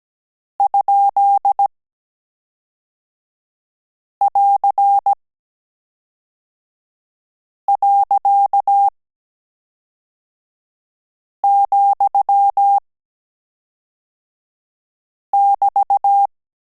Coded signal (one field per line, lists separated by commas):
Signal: Morse code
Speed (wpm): 17 wpm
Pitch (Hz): 800 Hz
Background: none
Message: ?<AR>.,<BT>